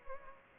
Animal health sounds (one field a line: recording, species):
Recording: mosquito wingbeat signal from an infrared sensor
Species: Culex pipiens